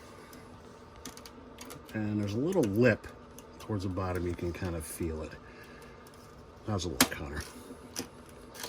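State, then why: Seated. A trim piece is lined up on a small lip toward the bottom of a motorcycle fender and pushed on while someone talks. A single sharp snap is heard at 8.0 seconds as the trim seats in place.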